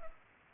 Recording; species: mosquito wingbeat signal from an infrared sensor; Culex pipiens